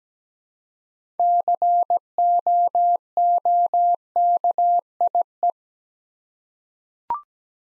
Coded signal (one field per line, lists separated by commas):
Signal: Morse code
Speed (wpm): 17 wpm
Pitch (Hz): 700 Hz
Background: none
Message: COOKIE